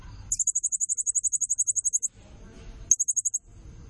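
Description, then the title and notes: Blue-crowned hanging parrot producing a long rapid run of high, piercing notes, then a brief pause and a shorter burst of the same notes. Lure recording used to attract other birds; also used as a tutor (nasteran) call; lively, energetic 'nembak gacor' calling style. "Burung Serindit Nembak Gacor Bikin Emosi Semua Burung. Suara Nasteran Dan Pemikat Burung Serinditan Gacor"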